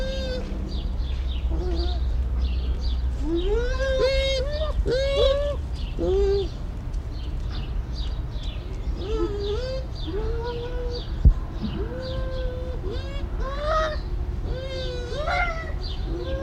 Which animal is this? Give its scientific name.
Speothos venaticus